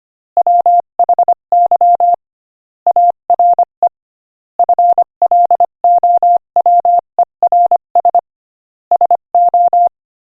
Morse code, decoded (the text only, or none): WHY ARE FLOWERS SO